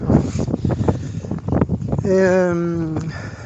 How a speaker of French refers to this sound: j'espère que ça va capter là, que du vent.